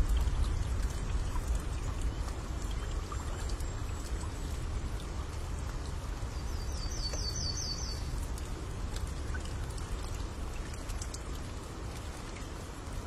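Birdsong in the deep mountains, nearly buried under a steady, dense rush like pouring rain or running water. Around the middle, a thin, high bird call repeats in quick short notes for a second or two. The heavy, low wash stays constant throughout.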